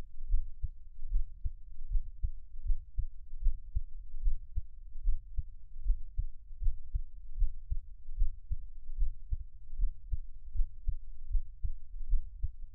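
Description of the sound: Steady, deep, muffled thumps repeat at roughly 74 a minute, each a soft paired beat under a low hum. An ordinary adult heartbeat heard close up as Taiwanese ASMR, best heard on headphones, with no talking.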